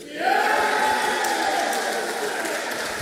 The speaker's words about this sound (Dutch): Nou, ja, dit gaat over de Brexit. Ik hoor hier nog mensen heel hard klappen en heel hard juichen